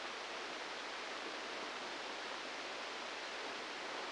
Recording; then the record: brain microelectrode recording played as sound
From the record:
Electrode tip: inside the subthalamic nucleus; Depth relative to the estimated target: 0 mm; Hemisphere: left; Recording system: NeuroSet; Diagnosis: Parkinson's disease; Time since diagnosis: 10 years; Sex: male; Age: 63 years